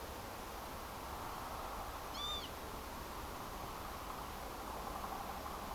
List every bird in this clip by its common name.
Northern Lapwing